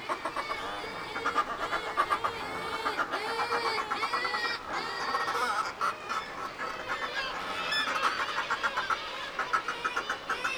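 Northern fulmar chorus, many harsh, harmonic cackling calls overlapping continuously, some rising and falling, with a steady rush of background noise throughout.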